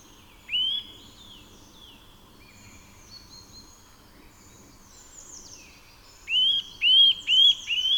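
Eurasian nuthatch giving a whistled upslurred call, then after a pause a series of four similar whistles.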